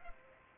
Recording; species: mosquito wingbeat signal from an infrared sensor; Culex pipiens